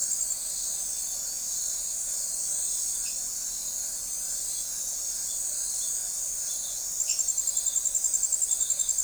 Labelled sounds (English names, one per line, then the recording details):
none
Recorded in forest near Pivijay, Magdalena, Colombia, on 5 June 2023 at 20:30
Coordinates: 10.467, -74.380
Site Z5-G034